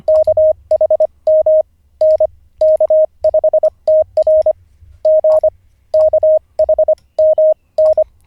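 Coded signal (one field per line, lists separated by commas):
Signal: Morse code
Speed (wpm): 25 wpm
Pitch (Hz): 620 Hz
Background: none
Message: KHM N K5TR G KHMN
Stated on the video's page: A ham learning Morse, day 47 of daily ten-minute practice, live streamed.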